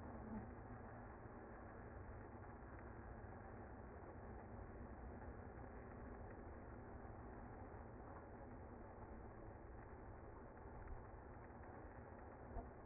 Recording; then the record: honeybee colony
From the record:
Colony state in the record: active